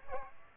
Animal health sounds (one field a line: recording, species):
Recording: mosquito wingbeat signal from an infrared sensor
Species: Aedes aegypti